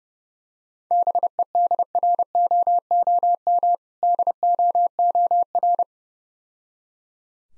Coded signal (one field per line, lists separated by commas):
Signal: Morse code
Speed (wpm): 31 wpm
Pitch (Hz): 700 Hz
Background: none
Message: BEDROOM DOOR